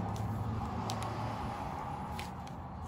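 A new thermostat with a large rubber seal is pressed by hand into the thermostat housing of a Dodge Ram Hemi 5.7 engine. Soft squishing and crackling sounds include a sharp click at 0.9 s. The seal is left only partly seated, not fully in.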